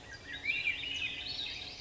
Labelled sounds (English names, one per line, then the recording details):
Swainson's Thrush
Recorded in Sonoma County, California